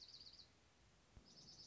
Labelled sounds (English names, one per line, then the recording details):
Dark-eyed Junco
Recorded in Sonoma County, California